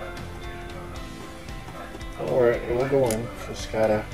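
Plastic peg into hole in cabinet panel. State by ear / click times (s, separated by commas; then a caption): not seated / none. A plastic peg is placed and lined up with a hole in an IKEA EKET cabinet panel before being pushed home, over background music while someone talks. There are no hits, and the peg has not clicked into place yet.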